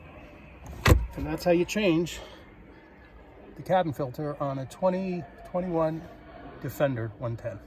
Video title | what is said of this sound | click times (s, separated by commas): 2021 Land Rover Defender 110 - Cabin Filter Replacement | pull it forward did you hear that click and now it's in and | 0.9 s